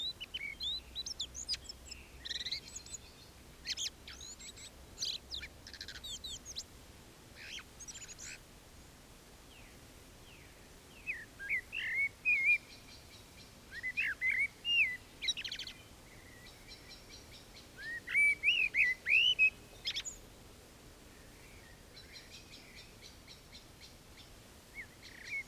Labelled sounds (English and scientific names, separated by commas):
Common Blackbird (Turdus merula) song